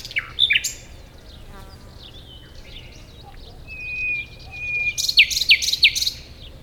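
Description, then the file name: Common nightingale singing: scattered chirps and quiet twitters, a long pure whistle swelling in loudness, then a burst of loud, rapid sharp notes. "Luscinia megarhynchos"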